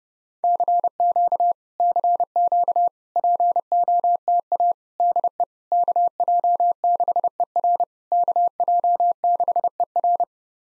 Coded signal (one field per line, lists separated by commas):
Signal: Morse code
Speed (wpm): 32 wpm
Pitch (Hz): 700 Hz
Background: none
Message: CQ CQ POTA DE KJ6ER KJ6ER